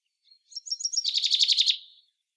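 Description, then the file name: Common chaffinch song: a few high, quick introductory notes lead into a loud, rattling trill that then fades. "Fringilla coelebs"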